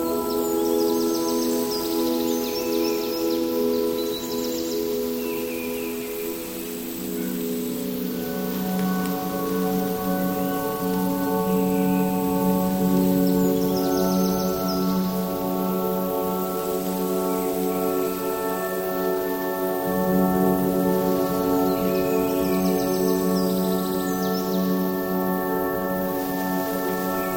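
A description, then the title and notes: Gentle music and forest sounds blend in a steady, unbroken bed, with long sustained ringing tones like a singing bowl layered low and mid. Faint bright chirps and glittering flickers come and go up high, especially near the start and around twenty seconds. Enchanted Forest Ambience. Relax among rustling leaves, chirping birds, and playful fairies in an enchanted forest during Autumn. Tranquil music and nature sounds.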